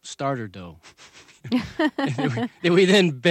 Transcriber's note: laughs